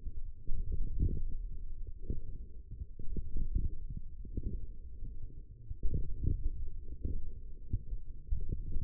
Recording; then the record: forearm muscle sounds (acoustic myography)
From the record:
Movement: forearm supination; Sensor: system 1, eight BSWA MPA416 microphones around the upper forearm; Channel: 3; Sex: male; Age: 20 years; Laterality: left